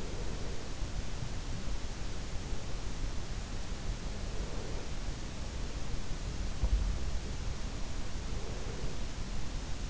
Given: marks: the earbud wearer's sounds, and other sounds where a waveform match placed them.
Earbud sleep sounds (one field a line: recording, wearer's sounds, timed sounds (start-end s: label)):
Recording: sounds in sleep by an in-ear microphone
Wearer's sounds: breath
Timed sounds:
0.00-0.73 s: breath